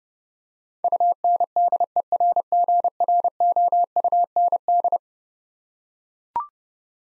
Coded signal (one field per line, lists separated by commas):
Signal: Morse code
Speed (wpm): 31 wpm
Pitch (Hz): 700 Hz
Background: none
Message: UNDERGROUND